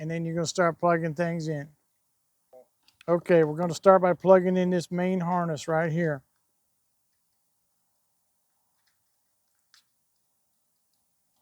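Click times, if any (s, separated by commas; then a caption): none. Someone talks while handling the main wiring harness plug as it is about to be pushed into its mating connector under the dash of a utility vehicle, a John Deere Gator 835M-865M-845M-875M, during a horn installation. After the talk, the rest is near silence with only a couple of faint ticks. Nothing has seated or clicked yet.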